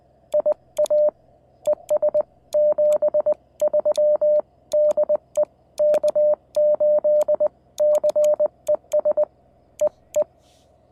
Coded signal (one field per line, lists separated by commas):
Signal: Morse code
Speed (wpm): 20 wpm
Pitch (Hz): 600 Hz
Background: none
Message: IA ES 73 DE K8CES EE